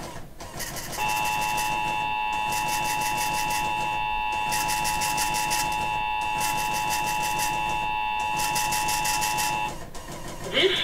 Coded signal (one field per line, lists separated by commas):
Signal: Emergency Alert System (SAME) tones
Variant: 853 and 960 Hz attention tone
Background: speech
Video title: Required Monthly Test on WNCO-FM || 2/14/24 (EAS #2,317)